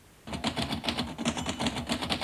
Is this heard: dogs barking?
no